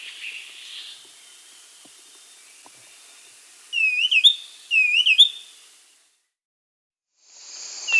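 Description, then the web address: Black-capped becard giving two bright, wavering whistled phrases about a second apart. Amazon region, Peru. "Birds of the Amazon 3. Black-capped Becard (Pachyramphus marginatus), Peru"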